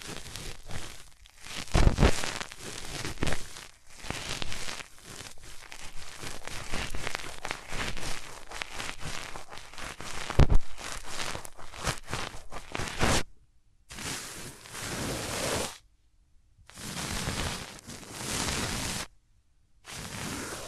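Hands rub over the ears, producing a dense, crackling rustle that swells and dips in quick, uneven strokes for the first thirteen seconds, with a couple of sharper thumps. After that, the rubbing comes in separate bursts of a few seconds each, broken by complete silences.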